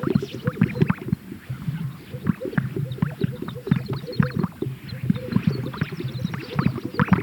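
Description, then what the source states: Greater sage-grouse making low hollow popping and gurgling display notes, many birds overlapping in a dense, rumbling chorus with scattered brief higher chirps. At a lek.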